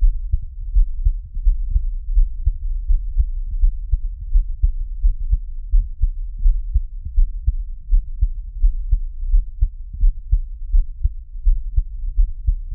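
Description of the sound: Steady, deep thudding heartbeat at about 85 beats a minute, close-recorded with a low hum underneath and no talking.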